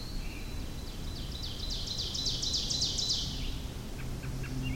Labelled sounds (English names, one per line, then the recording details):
Ovenbird song
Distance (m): 65 m
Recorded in boreal forest in Alberta, Canada, on 25 June 2016 at 07:26
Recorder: SongMeter 3, array SBT-6-76
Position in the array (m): 296 m, 78 m
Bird 1